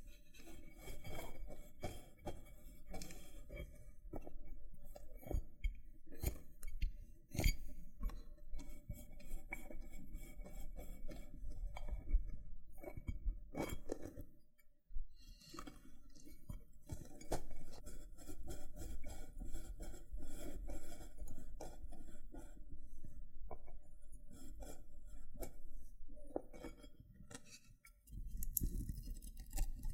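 Loofah being handled, with dense scratchy rubbing and frequent sharp pops and crackles layered over a steady low rumble. Sharper snaps stand out near 7, 12 and 14 seconds, and the sound cuts out briefly around 15 and 28 seconds before resuming.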